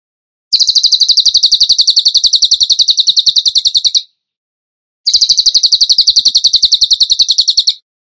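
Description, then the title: Bird trill, a fast, even, buzzy rattle held about three and a half seconds, then a pause, then a second, shorter burst. Masteran (training recording) for birds in the tembakan gacor style. "Masteran Burung Tembakan Gacor"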